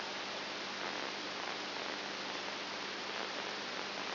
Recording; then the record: brain microelectrode recording played as sound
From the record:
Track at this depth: outside the subthalamic nucleus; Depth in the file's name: 7.1 mm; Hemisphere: right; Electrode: 2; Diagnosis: Parkinson's disease